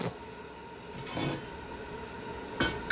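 Flour being stirred in a pan while making halwa, an Iranian sweet, with a couple of short metallic scrapes and clinks of a utensil against the pan over a steady, low background hiss. No one speaks.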